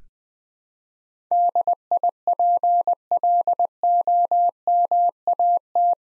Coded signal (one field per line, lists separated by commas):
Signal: Morse code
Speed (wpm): 20 wpm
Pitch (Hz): 700 Hz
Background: none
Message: DIPLOMAT